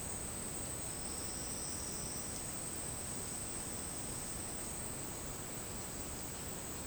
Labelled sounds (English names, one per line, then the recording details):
none
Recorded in dense forest near Puerto Asís, Putumayo, Colombia, on 23 June 2025 at 10:30
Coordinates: 0.499, -76.324
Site G100